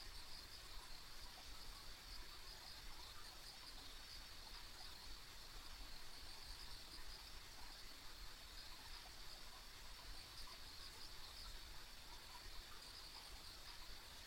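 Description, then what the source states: Insect chorus with a steady high trill and frequent small chirps scattered through it, set over a soft continuous rushing noise. Ambient insect sounds along a rural country road.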